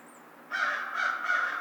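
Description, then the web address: American crow giving three harsh, drawn-out caws in quick succession. Recorded 2 March 2010. "Crow 2010 03 02 American Crow"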